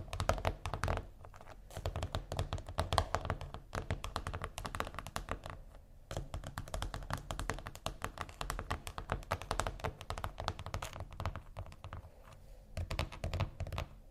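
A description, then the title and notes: Dense tapping and handling sounds on textured surfaces, with quick crisp clicks and soft thunks following one another almost without pause. The pace stays busy and fairly even, with brief lulls near 1, 6 and 12 seconds. A low, steady rumble sits underneath throughout. ASMR Relaxing Textures（No Talking）.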